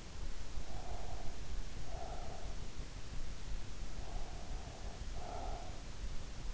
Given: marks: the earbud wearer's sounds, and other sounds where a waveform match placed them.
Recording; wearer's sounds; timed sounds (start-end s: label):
sounds in sleep by an in-ear microphone; breath
0.71-2.72 s: breath
4.06-5.91 s: breath